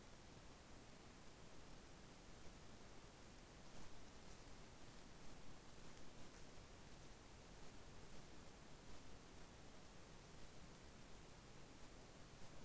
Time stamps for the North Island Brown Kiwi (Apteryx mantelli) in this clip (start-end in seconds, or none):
none